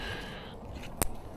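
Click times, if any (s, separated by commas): 1.0 s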